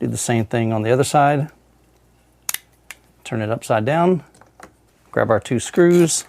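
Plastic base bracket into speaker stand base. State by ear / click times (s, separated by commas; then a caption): seated / 2.5 s. Someone talks while the second plastic base bracket's two little prongs are pressed into their holes on the other side of a Sony BRAVIA Theater Quad speaker stand base. A sharp snap is heard at 2.5 s, followed by a few quieter knocks. The bracket is seated.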